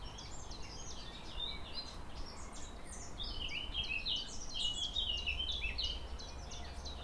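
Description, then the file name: Eurasian blackcap song, a rapid run of chirping, warbled notes, with steady low rumbling background noise. "Sylvia atricapilla"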